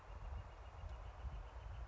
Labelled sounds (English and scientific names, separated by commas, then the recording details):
Northern Flicker (Colaptes auratus)
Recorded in Sonoma County, California